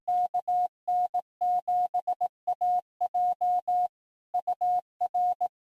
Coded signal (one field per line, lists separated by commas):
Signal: Morse code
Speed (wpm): 18 wpm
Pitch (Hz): 720 Hz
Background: none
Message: KN7AJ UR